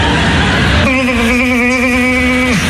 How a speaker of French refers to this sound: Et là, t'as toutes les guêpes du quartier qui déboulent.